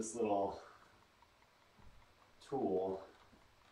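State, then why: Not seated. During a hydraulic brake bleed, a bleed syringe hose's collar fitting is handled toward the brake bleed port while someone talks at the start and again near the end, with faint low handling noises around 1.8 to 2.0 seconds. The collar has not yet gone home, and nothing has seated or clicked yet.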